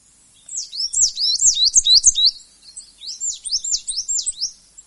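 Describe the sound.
Coal tit singing: two bursts of very high, swooping notes repeated rapidly in quick phrases, with a short pause between them.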